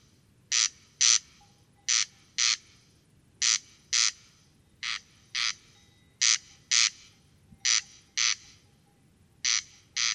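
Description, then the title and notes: Corn crake song, rasping crex-crex pairs of dry grating notes repeated rhythmically, roughly every second and a half, with a quiet still background. Singing corn crake near a peat bog, Col Bayard, Hautes-Alpes, France, 12 July 2018, evening; sang continuously from 11 pm until dawn; recorded with Nagra Seven and Telinga Pro7. "Col Bayard - Hautes Alpes. Râle des genêts"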